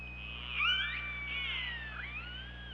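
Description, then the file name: Orca calls: overlapping harmonic tones that rise and fall, over a low hum. Recorded on an OrcaLab hydrophone on 24 August 2017, around 23:36. "Orca Lab UTLN JASON 20170824 233652"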